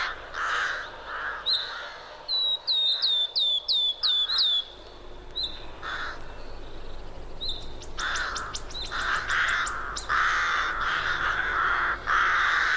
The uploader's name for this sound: Sounds of nature. Live in forest